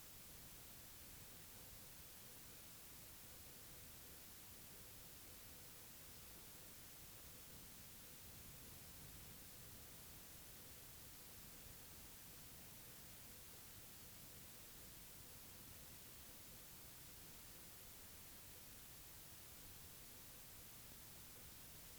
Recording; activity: daily activity, guitar pickup as the sensor; lie down